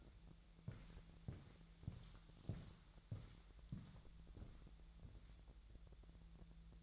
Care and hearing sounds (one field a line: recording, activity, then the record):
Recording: daily activity, microphone in the room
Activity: walk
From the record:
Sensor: 3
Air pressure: 1002.0 hPa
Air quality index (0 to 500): 240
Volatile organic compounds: 107 ppm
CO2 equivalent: 3798 ppm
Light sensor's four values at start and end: 8/20/8/9 and 8/19/8/8